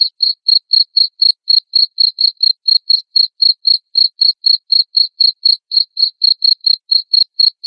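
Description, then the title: Cricket delivering a continuous series of short, sharp, high chirps at an even tempo of about four per second. Loud cricket chirping used to prompt lovebirds into continuous ngekek chattering song. "Suara JANGKRIK NGERIK Keras Bikin LOVEBIRD Jadi NGEKEK Terus Vubey"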